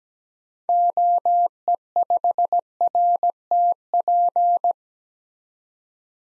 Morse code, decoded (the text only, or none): OE5RTP